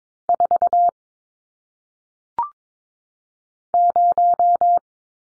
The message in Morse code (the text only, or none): 4 0